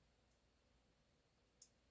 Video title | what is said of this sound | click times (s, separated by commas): Atlas Straight Stitch-How To | and under the leaf spring there until it clicks into place | 1.6 s